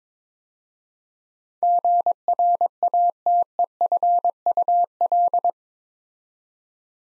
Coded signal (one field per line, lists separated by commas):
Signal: Morse code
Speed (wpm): 22 wpm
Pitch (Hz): 700 Hz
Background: none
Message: GRATEFUL